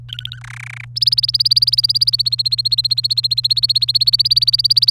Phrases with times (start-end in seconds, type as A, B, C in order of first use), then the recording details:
0.09-0.39 A, 0.41-0.85 B, 0.96-4.90 C. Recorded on 27 April 2018 at 13:05. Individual llb3